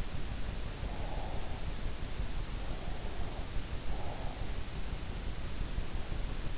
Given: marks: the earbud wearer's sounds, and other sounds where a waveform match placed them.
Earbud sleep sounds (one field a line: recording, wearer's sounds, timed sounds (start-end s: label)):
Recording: sounds in sleep by an in-ear microphone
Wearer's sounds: breath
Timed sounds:
0.29-1.89 s: breath
3.21-5.07 s: breath